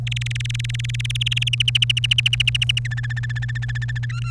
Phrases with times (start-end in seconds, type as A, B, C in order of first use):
0.07-1.49 A, 1.53-2.87 B, 2.91-4.05 C, 4.12-4.31 D